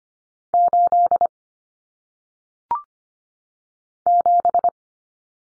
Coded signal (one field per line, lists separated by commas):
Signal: Morse code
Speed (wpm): 25 wpm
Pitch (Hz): 700 Hz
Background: none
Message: 8 7